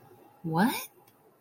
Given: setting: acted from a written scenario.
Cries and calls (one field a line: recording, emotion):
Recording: vocal sound without words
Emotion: confusion